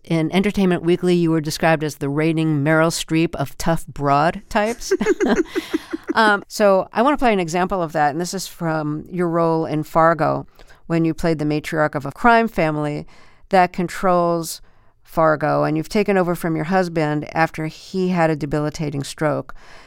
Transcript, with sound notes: In Entertainment Weekly, you were described as the reigning Meryl Streep of tough broad types.
(Laughter).
So I want to play an example of that. And this is from your role in Fargo when you played the matriarch of a crime family that controls Fargo, and you've taken over from your husband after he had a debilitating stroke.